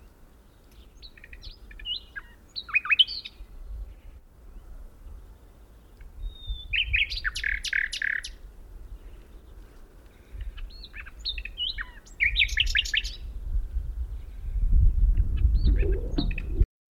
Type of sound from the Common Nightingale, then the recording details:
song. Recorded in the wild. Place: Albesti, Transilvania, RO. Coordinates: 46.258, 24.86. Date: 1973-04-28 12:50. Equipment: Nagra III BH, Sennheiser MD 21, parabola. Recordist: Schubert, Michael. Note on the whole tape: Gesang Nachtigall